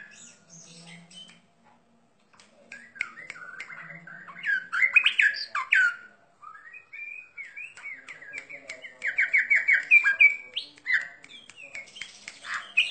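Bird song of long running phrases of varied warbled and chirped notes, rising in loudness with rapid repeated elements toward the end.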